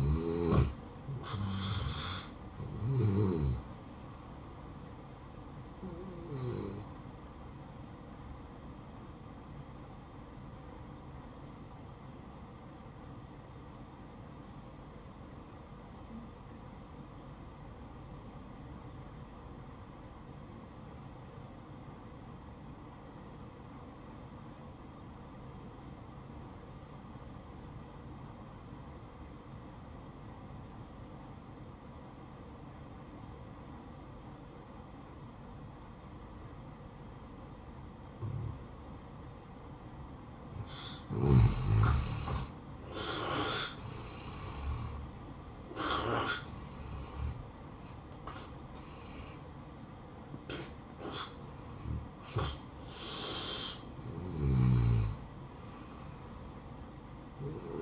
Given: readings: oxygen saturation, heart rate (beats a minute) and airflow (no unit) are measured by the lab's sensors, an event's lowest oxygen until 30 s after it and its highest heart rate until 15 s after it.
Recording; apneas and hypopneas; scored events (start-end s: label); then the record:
breathing in sleep by a smartphone at the bedside; 1
12.00-41.90 s: obstructive apnea (N1, oxygen 95% highest, then 83% lowest, heart rate 61 at the start, 72 highest)
16.00-57.82 s: new sleep stage, N2 (light sleep)
From the record:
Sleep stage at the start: N1 (lightest sleep); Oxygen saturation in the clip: 84 to 95%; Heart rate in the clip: 57 to 76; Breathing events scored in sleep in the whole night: 573 in 9.8 hours asleep